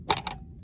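The release button on the front cover latch of an antique 1910s–1920s Kodak folding film camera is pressed, and a sharp metallic click sounds at 0.1 s, followed by a softer second click at about 0.3 s. The front cover unlatches and is released.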